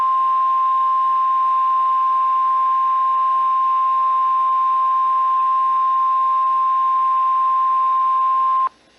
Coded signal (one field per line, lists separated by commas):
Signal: Emergency Alert System (SAME) tones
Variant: 1050 Hz attention tone